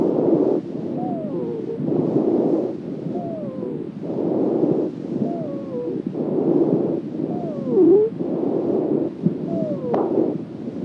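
Rapid breathing in an adult, about 28 breaths a minute, with a high, musical whistling tone that falls in pitch during each exhalation, heard on five cycles. This is an airway wheeze, a sign of narrowed airways.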